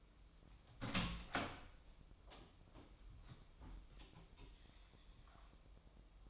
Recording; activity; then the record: daily activity, microphone in the room; open door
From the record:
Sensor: 1